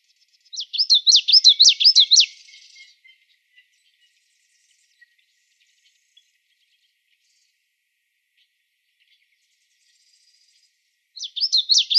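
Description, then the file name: Common yellowthroat singing a rapid, rolling run of repeated high wavering phrases, then silence, with another song phrase starting near the end. Song, recorded in Arizona; date given as 041606. "COYE 9 deviche"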